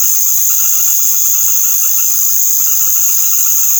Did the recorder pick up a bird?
no